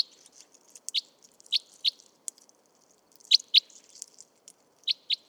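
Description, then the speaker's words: Crossbill feeding sounds: sharp, irregular high clicks and ticks, some doubled, scattered throughout. Crossbills peeling pine cones; morning, February 2020, 1500 m on Montagne du Puy, Drôme, mixed conifer and oak forest; Nagra Seven and Telinga Pro7 stereo. "des becs croisés épluchent des pommes de pin."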